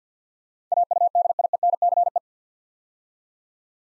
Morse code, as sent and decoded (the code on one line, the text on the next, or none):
.- ..- -.. .. . -. -.-. .
AUDIENCE